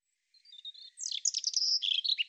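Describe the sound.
European robin song opening with soft, thin notes and swelling into a dense, rapid jumble of high, sweet twitters.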